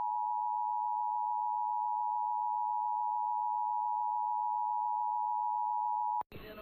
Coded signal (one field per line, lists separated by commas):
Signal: Emergency Alert System (SAME) tones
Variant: 853 and 960 Hz attention tone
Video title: Eas monthly test